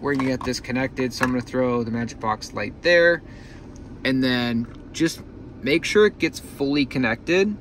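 A small wireless CarPlay adapter box is being handled at a car's USB port while someone talks, ready to be pushed in until it is fully connected. Nothing has seated or clicked yet by the end of the clip.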